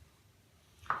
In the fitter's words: push the spring on, click into place.